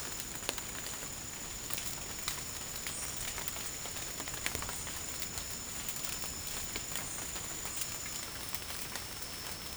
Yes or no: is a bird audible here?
yes